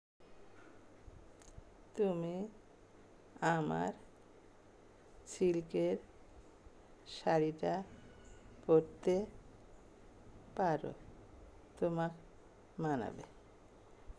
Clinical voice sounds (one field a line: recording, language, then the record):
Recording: elicited speech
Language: Bengali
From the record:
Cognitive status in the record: dementia